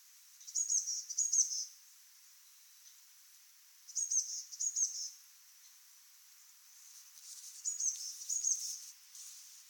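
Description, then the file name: Eurasian blue tit calling in short groups of two high, thin notes, repeated three times over several seconds against light background hiss. "Cyanistes caeruleus"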